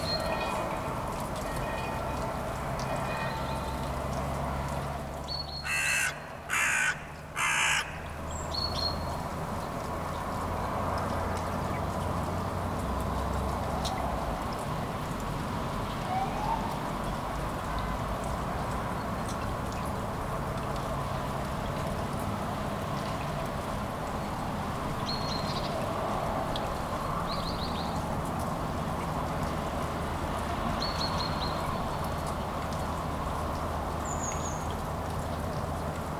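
Light morning rain falls on city streets in Kuldiga, Latvia, a steady, dense patter over a low traffic rumble. Around six to eight seconds a few loud, harsh calls, like a crow, cut through, and brief bird chirps appear later.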